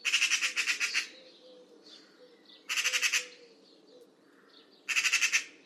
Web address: Bird Only More Classes Pi Pi Pi Pi